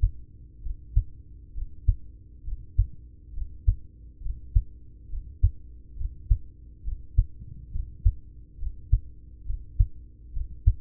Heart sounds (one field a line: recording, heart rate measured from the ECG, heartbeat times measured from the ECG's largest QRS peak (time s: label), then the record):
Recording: heart sounds by stethoscope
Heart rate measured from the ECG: 68 bpm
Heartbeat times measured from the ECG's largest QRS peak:
0.58 s: heartbeat
1.50 s: heartbeat
2.40 s: heartbeat
3.30 s: heartbeat
4.18 s: heartbeat
5.06 s: heartbeat
5.93 s: heartbeat
6.80 s: heartbeat
7.68 s: heartbeat
8.55 s: heartbeat
9.42 s: heartbeat
10.29 s: heartbeat
From the record:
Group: heart failure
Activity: Valsalva maneuver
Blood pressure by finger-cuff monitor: 86/60 mmHg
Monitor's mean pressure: 67 mmHg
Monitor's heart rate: 68 bpm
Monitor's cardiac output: 4.5 L/min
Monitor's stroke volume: 69 mL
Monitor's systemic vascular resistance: 1040 dyn s/cm5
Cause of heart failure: ischemic heart disease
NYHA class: 1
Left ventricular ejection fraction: 33%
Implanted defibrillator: present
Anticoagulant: apixaban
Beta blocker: carvedilol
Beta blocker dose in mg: 18.75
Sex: male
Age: 39 years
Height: 168 cm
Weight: 72 kg